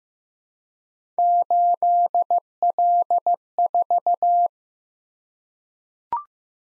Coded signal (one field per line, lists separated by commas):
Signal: Morse code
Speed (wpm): 15 wpm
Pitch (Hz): 700 Hz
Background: none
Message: 8L4